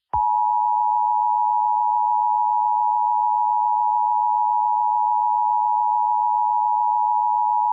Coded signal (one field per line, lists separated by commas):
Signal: Emergency Alert System (SAME) tones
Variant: 853 and 960 Hz attention tone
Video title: EAS MOCK For Flash Flood Warning